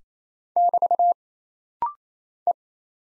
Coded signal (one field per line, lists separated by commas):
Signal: Morse code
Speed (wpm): 27 wpm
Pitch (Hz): 700 Hz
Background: none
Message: <BT> E